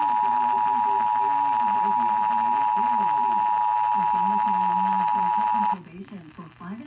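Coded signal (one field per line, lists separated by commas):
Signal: Emergency Alert System (SAME) tones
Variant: 853 and 960 Hz attention tone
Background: speech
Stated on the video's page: Required Weekly Test captured from AM, FM and TV broadcast stations.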